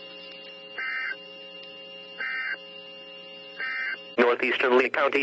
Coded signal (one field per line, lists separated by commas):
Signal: Emergency Alert System (SAME) tones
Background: speech